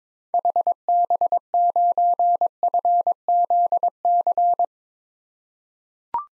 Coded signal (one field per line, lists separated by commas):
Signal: Morse code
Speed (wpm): 22 wpm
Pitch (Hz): 700 Hz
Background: none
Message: HB9FZC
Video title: 2023 SOTA Activator Call Signs - 22wpm